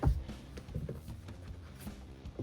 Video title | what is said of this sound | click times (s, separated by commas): Quick and Easy Fix for Water Pipe Leaks with SharkBite | And it's on. You hear that click? | 0.0 s